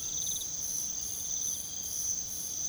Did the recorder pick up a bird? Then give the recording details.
no. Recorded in pastures near Puerto Asís, Putumayo, Colombia, on 9 March 2025 at 04:00. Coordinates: 0.486, -76.323. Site G075